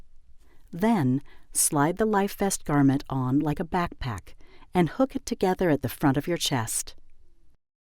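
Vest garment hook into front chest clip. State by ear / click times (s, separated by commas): not seated / none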